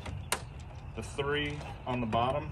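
A makeshift release key cut from a child's magnetic building set is pushed into one of the 16 small slots of a Lippert screwless camper door window frame to release the bottom clips. A sharp click sounds at 0.3 s as the clip pops free, and then someone talks.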